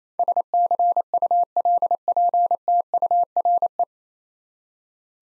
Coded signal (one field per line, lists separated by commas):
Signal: Morse code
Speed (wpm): 28 wpm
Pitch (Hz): 700 Hz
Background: none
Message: SCULPTURE